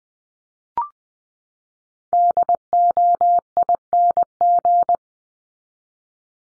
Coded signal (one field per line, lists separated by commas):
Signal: Morse code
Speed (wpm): 20 wpm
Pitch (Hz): 700 Hz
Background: none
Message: DOING